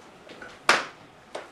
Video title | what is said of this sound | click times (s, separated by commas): CCSD102 SIT Conference 2016 Kids "Kan" Build Computers | Grab the sides of the case and slide them together until you hear a click. | 0.7 s